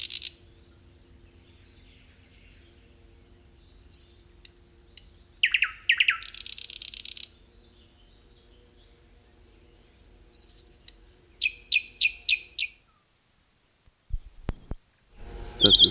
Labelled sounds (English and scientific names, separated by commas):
Thrush Nightingale (Luscinia luscinia) song